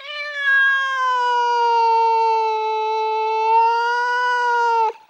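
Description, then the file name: Cat meow, a single drawn-out, steady tone held for nearly five seconds with almost no change in pitch, rising slightly near the end before stopping abruptly. "meow stretch"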